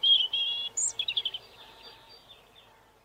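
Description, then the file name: Robin singing a short, high phrase of thin whistles and quick trills that fades out, with low background hum. "birdsong robin"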